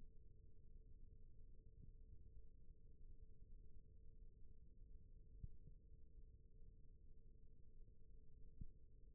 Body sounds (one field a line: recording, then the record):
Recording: forearm muscle sounds (acoustic myography)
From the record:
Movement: rest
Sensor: system 1, eight BSWA MPA416 microphones around the upper forearm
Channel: 4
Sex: male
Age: 21 years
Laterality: right